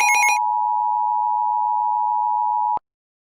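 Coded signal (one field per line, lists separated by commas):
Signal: Emergency Alert System (SAME) tones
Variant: 853 and 960 Hz attention tone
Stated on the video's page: Fictional EAS scenario.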